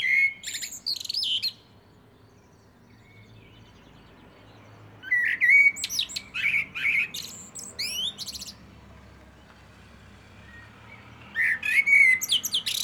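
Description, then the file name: Common blackbird sings three phrases spaced several seconds apart, each a mellow whistle running into high squeaky twitters. "Turdus merula"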